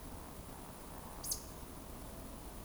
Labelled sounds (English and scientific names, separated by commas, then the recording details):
Eurasian Woodcock (Scolopax rusticola) whistle, Eurasian Woodcock (Scolopax rusticola) croak
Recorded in Baden-Württemberg, Germany, on 25 June 2020 at 20:22 UTC
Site 24578, 122 m above sea level